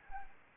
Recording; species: mosquito wingbeat signal from an infrared sensor; Anopheles arabiensis